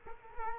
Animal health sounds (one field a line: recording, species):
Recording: mosquito wingbeat signal from an infrared sensor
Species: Culex quinquefasciatus